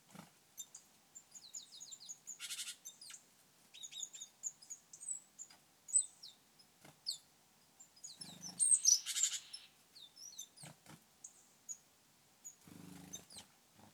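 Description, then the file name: Great tit calls: scattered short high chips and thin notes with two loud buzzy rattling bursts. Faint clicks and knocks are heard between them. "Parus major"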